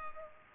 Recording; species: mosquito wingbeat signal from an infrared sensor; Culex pipiens